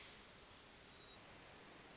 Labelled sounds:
Hermit Thrush
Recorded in Sonoma County, California

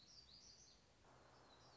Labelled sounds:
Black-throated Gray Warbler
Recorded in Sonoma County, California

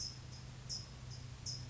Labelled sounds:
California Towhee
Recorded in Sonoma County, California

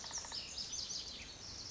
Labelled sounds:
Lazuli Bunting
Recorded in Sonoma County, California

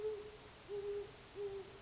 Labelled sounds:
Great Horned Owl
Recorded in Sonoma County, California

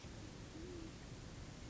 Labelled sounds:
Great Horned Owl
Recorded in Sonoma County, California

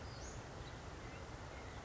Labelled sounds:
Western Flycatcher
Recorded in Sonoma County, California

